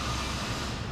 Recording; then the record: background sound without coughing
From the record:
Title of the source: 30 MINUTES Construction Site Ambience (CC BY 4.0)